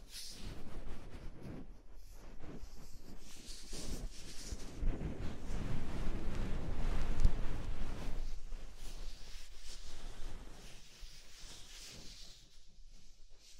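Soft, fluffy ear-tingle triggers: continuous rustling and brushing with a low, muffled rumble underneath. The sound swells gradually, peaking around seven to eight seconds with a brief tap, then eases off and grows quieter toward the end.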